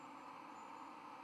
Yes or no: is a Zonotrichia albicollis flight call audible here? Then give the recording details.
no. No flight call is heard. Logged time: 00:15 on 5 November 2014